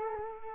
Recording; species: mosquito wingbeat signal from an infrared sensor; Culex quinquefasciatus